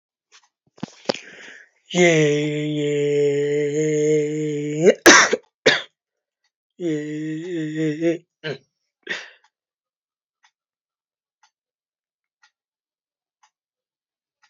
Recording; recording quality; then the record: sustained vowel as in made; excellent, no background noise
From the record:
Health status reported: healthy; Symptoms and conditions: cough, sore throat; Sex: male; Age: 26 years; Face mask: not worn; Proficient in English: yes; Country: India